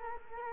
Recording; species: mosquito wingbeat signal from an infrared sensor; Culex quinquefasciatus